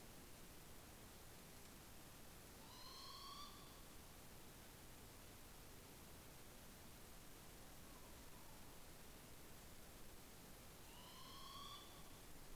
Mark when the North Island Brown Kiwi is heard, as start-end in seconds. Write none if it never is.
none